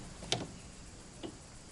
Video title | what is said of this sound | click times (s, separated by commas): Toowong Rowing TID 2020 Ergo Tech Boat Oar Parts Feathering | can hear the little click at | 0.3 s